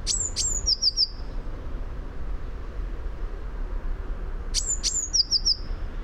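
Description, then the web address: Eurasian blue tit giving two song phrases, each a pair of high thin notes followed by three quick lower notes, faint rumble behind. "fugl b-mejse"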